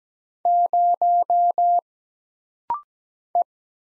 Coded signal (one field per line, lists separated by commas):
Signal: Morse code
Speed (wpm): 17 wpm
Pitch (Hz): 700 Hz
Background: none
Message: 0 E